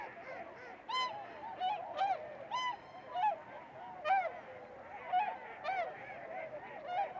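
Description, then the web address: Goose honks, loud clear nasal calls repeated irregularly over a steady background chorus of many more geese. 16 January 2015. "Podcast goose 20150116"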